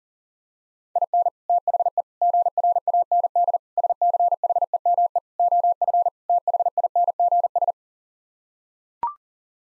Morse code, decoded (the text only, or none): IN THE GRAND SCHEME OF THINGS